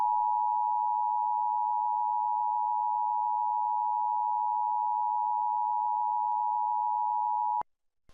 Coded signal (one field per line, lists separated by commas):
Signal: Emergency Alert System (SAME) tones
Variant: 853 and 960 Hz attention tone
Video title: |2| FOX 56 EAS Severe thunderstorm (6/19/17)